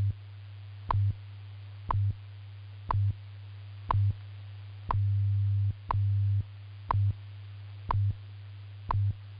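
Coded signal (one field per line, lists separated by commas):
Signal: radio time signal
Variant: WWV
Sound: short clicks once per second over a low steady hum, hum sometimes longer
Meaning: Each tick marks one second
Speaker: at the tone 12 hours one minute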